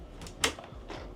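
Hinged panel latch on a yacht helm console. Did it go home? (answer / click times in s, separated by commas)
released / 0.4 s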